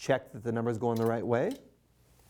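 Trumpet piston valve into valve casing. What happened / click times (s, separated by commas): Handled, no seating click yet / none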